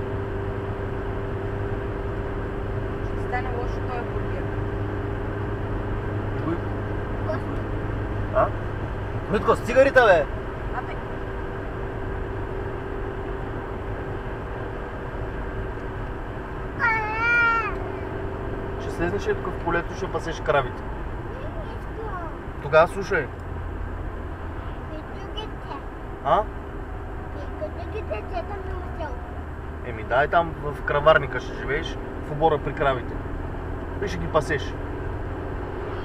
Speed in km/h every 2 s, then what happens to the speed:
94, 94, 95, 96, 94, 92, 92, 91, 89, 91, 82, 78, 76, 74, 72, 75, 80, 85.
0-18 steady at about 92. 18-27 slows to 72. 27-36 speeds up to 85.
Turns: none.